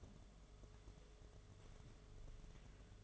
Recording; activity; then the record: daily activity, microphone in the room; take from stove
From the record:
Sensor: 4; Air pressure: 1011.2 hPa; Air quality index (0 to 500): 139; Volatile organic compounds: 3 ppm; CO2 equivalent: 1423 ppm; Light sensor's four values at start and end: 248/648/273/288 and 219/572/242/253